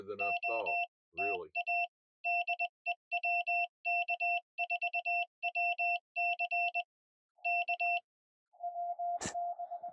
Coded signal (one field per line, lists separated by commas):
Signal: Morse code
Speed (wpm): 21 wpm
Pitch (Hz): 2700 Hz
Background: speech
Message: OTA DE WK4WC K